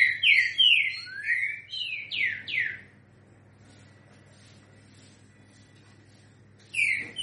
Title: Canto De Trinca Ferro Voz 10. TRINCA=FERRO 3 NOTAS COM BOI